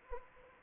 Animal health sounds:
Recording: mosquito wingbeat signal from an infrared sensor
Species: Anopheles arabiensis

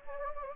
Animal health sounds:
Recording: mosquito wingbeat signal from an infrared sensor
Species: Anopheles gambiae

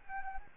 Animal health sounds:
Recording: mosquito wingbeat signal from an infrared sensor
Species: Anopheles gambiae

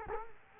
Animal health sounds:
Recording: mosquito wingbeat signal from an infrared sensor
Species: Culex quinquefasciatus

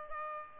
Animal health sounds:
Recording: mosquito wingbeat signal from an infrared sensor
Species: Aedes albopictus

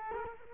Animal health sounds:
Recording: mosquito wingbeat signal from an infrared sensor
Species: Culex quinquefasciatus

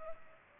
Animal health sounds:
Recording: mosquito wingbeat signal from an infrared sensor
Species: Culex pipiens

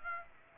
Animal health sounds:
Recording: mosquito wingbeat signal from an infrared sensor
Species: Aedes aegypti

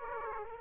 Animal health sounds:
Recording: mosquito wingbeat signal from an infrared sensor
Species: Aedes aegypti

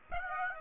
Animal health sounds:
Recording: mosquito wingbeat signal from an infrared sensor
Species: Aedes aegypti

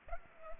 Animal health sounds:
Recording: mosquito wingbeat signal from an infrared sensor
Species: Culex pipiens

